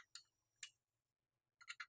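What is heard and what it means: A second oiled trumpet piston valve is spun inside its valve casing, giving a few light, bright ticks and scrapes near 0.2, 0.6 and 1.7 seconds. Its plastic guide then clicks into the casing notch at 1.8 s, and the valve is seated.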